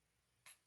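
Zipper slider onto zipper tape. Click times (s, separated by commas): 0.5 s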